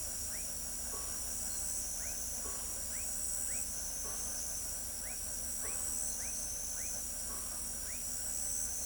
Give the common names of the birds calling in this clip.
none